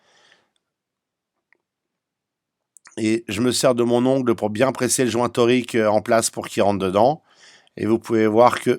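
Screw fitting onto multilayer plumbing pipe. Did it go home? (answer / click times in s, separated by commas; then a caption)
no / none. A screw-type plumbing fitting with its O-ring is lined up and started onto a multilayer pipe, with the O-ring pressed into place by fingernail. Faint handling ticks come at about 0.6 s, 1.5 s and 2.8 s, then someone talks. Nothing has seated or clicked yet.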